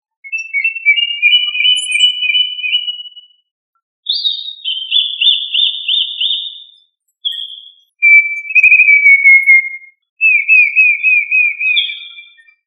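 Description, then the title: Thrush singing: clear whistled phrases with fluttering trills, most lasting two to three seconds, separated by short pauses, some falling slightly in pitch. "Familia Turdidae - Sabia"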